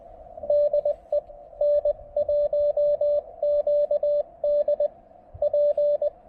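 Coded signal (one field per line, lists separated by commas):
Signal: Morse code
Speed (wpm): 20 wpm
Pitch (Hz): 590 Hz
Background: radio noise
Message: DE N1QD P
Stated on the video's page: QRP Parks on the Air activation working DX with a Chelegance MC-750 and Xiegu G106, including 17 meters.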